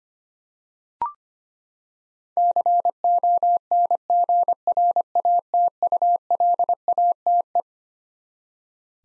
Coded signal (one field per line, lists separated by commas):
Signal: Morse code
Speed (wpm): 25 wpm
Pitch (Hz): 700 Hz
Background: none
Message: CONGRATULATE